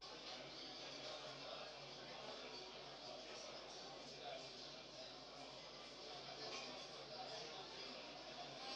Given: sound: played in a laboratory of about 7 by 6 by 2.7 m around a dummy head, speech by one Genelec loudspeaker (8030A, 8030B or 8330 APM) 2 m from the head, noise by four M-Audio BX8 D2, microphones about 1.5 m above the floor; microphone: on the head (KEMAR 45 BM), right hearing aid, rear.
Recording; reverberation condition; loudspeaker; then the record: cafeteria noise; medium; four, about 170 cm from the corners of the room and facing them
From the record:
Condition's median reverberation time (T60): about 510 ms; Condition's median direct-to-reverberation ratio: about -0.5 dB